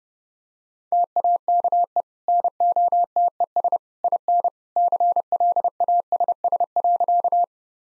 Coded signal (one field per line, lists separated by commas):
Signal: Morse code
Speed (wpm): 30 wpm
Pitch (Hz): 700 Hz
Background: none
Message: TAKE NOTES IN CLASS.